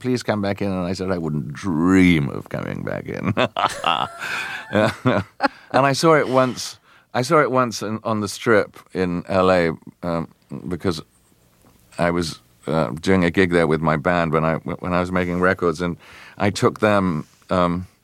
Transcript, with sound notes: Please come back in. And I said, I wouldn't dream of coming back in.
(LAUGHTER)
And I saw it once - I saw it once on the Strip in LA because I was doing a gig there with my band when I was making records, and I took them